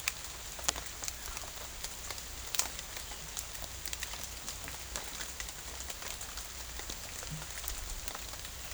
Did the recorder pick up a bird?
no